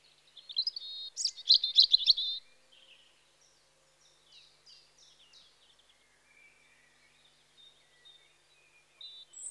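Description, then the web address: European robin singing a short loud burst of trilling, tinkling high notes, then a long stretch of soft, quiet twittering phrases and a thin high whistle at the end. Spring. "The BBC Sound Effects Library. Robin (Erithacus Rubecula) Spring"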